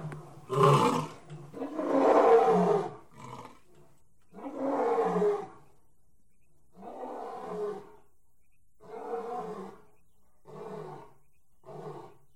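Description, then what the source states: Big cat roar: two long loud opening roars, then a series of shorter, quieter grunts. Big cat house.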